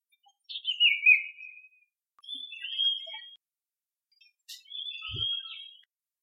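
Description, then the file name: Iora song of three drawn-out whistles, the first sliding downward, the others long and level, each lasting about a second. Song type C. "Iora C-Song Sun Chong Hong"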